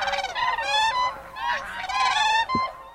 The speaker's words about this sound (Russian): Тут ставим грустный крик журавля. Да, но стерх кричит по-другому, чем серый журавль. Можно, кстати, поставить.